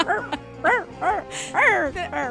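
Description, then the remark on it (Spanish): A dog gives a run of about five short, whiny barks, each one rising and falling in pitch like a yelping moan, fairly loud with brief gaps between them. “Y acá declara el perro. ¿Cómo declara el perro?”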